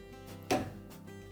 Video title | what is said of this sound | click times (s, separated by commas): DISHWASHER REPAIR: How to Install the Lower Rack Wheels on Your Dishwasher - FIX.com | just push upwards, and you can see where it locks in. And that snapping sound is good. | 0.5 s